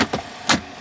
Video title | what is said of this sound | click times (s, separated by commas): 2022 Nissan Pathfinder Platinum Interior and Details! | snaps back in | 0.1 s